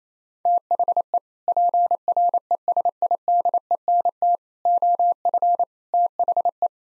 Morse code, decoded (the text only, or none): THE PRESIDENT OF THE